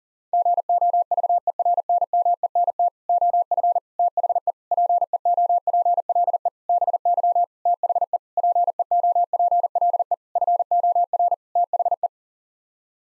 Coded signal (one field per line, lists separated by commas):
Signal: Morse code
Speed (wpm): 40 wpm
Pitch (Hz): 700 Hz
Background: none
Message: GOVERNMENT OF THE PEOPLE BY THE PEOPLE FOR THE